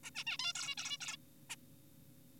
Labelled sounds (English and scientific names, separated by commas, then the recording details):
Zebra Finch (Taeniopygia guttata)
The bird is an adult
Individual g4p5U